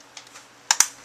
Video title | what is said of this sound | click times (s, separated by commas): Audi, BMW, Chrysler, Land Rover, Mazda, MBZ, VW, & Other Stereo Removal | and you can hear that lock into place. | 0.7 s